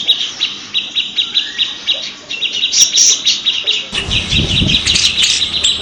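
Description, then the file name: Grey-cheeked bulbul song, busy high chatter of quick notes, joined after four seconds by low thumping sounds. Simulated songbird contest recording featuring a trio of birds. "audio simulasi lomba cucak jenggot trio omkicau"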